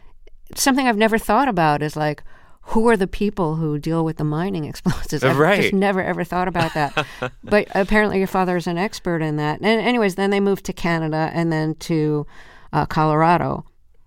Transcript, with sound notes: something I've never thought about is, like, who are the people who deal with the mining explosives?
Right.
I've just never, ever thought about that.
(Laughter).
But apparently your father is an expert in that. Anyways, then they moved to Canada and then to Colorado.